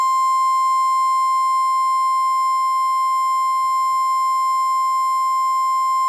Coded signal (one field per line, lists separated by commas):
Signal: Emergency Alert System (SAME) tones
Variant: 1050 Hz attention tone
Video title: EAS - Missouri Valley Mandatory Evacuation